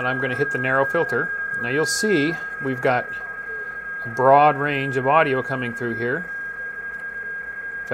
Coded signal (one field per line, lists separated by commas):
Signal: PSK31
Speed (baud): 31.25 baud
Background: speech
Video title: Ham Radio - FLdigi tips, the QSY button and narrow filters in digital modes